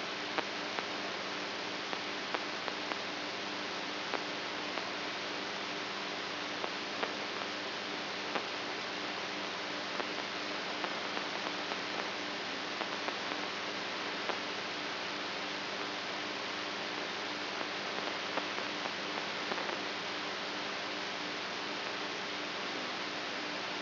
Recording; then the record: brain microelectrode recording played as sound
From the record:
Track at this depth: outside the subthalamic nucleus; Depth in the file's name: 6.507 mm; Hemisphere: right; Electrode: 3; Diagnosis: Parkinson's disease